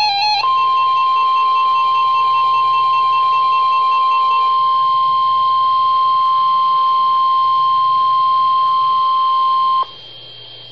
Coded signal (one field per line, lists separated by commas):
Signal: Emergency Alert System (SAME) tones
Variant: 1050 Hz attention tone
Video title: EAS Alert #44 - Tornado Warning 5/22/11